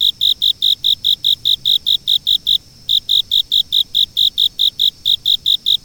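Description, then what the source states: Insects chirping: high, clean pulses repeated rapidly in a steady rhythm, with one brief break partway through. Insects singing in fall.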